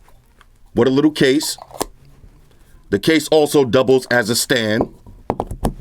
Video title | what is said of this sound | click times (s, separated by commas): LG 360 Camera Review | so that'll lock into place, give you some more height for when you're shooting your videos. | 5.3 s